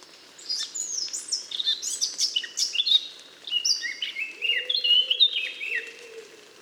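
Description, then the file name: Eurasian blackcap song: a scratchy, hurried warble turning into clear whistled notes, with a low humming sound underneath. "Sylvia atricapilla"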